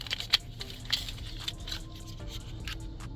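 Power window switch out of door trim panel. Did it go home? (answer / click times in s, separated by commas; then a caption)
released / 0.3 s. A power window switch is pried out of the door trim panel of a 2010-2017 Chevy Equinox. At 0.3 s, the old switch's second-side plastic retaining clip pops free with a sharp snap, followed by softer plastic clicks and handling noise. The switch comes loose.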